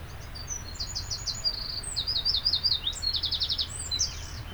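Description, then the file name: Eurasian wren song: a rapid series of high-pitched trills and twittering phrases, ending in a dense rattling trill and a few loose notes. "Troglodytes troglodytes"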